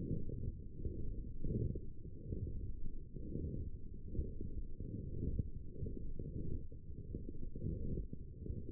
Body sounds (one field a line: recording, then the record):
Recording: forearm muscle sounds (acoustic myography)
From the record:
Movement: forearm supination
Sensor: system 1, eight BSWA MPA416 microphones around the upper forearm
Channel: 3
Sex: female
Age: 20 years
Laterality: right